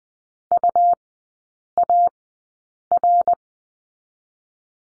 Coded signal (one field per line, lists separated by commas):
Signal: Morse code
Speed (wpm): 20 wpm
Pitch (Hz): 700 Hz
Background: none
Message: UAR